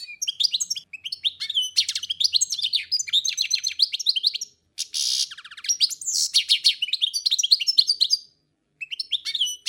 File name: Ptica - Penie ptic - CSHegol